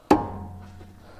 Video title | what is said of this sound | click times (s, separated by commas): Rear axle bearings Remove and Replace | and it's locked into place. | 0.1 s